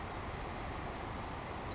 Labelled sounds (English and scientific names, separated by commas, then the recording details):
Savannah Sparrow (Passerculus sandwichensis)
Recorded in Sonoma County, California